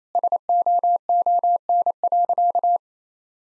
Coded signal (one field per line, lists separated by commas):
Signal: Morse code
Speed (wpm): 27 wpm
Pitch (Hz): 700 Hz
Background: none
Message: SOON.